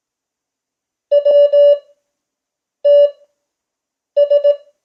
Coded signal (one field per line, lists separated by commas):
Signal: Morse code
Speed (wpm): 18 wpm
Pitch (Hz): 580 Hz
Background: none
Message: WTS